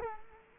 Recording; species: mosquito wingbeat signal from an infrared sensor; Culex quinquefasciatus